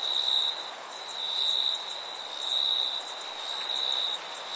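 Crickets chirping in a steady high trill, with pulses swelling and fading, over a continuous higher insect hiss.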